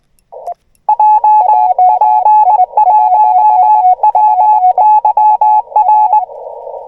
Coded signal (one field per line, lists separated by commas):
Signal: Morse code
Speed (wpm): 20 wpm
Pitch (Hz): 850 Hz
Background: radio noise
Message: JP1WYR